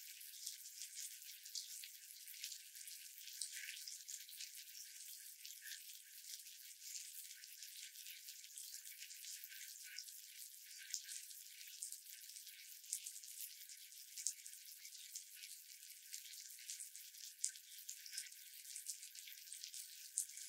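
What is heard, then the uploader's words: A bath bomb fizzes steadily, a dense crackling hiss made of countless tiny pops, with occasional sharper crackles scattered throughout. ASMR 泡澡.沐浴球觸發 | Bath Bombs Sounds | NoTalking.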